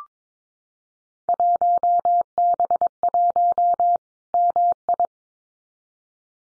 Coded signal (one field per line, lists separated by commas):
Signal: Morse code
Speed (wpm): 22 wpm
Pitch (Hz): 700 Hz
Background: none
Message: 1B1 MI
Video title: Field Day Exchange 22wpm